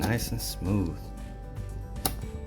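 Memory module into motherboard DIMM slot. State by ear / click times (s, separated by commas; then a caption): seated / 2.1 s. A DDR4 memory stick is pressed smoothly into its DIMM slot on the motherboard of a B550 Ryzen 7 PC build while someone talks over background music. The retention clip snaps with a short, sharp click at 2.1 s, and the stick is seated; the click is normal.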